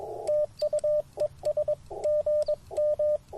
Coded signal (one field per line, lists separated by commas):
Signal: Morse code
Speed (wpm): 21 wpm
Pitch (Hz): 590 Hz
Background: radio noise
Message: TU ES GM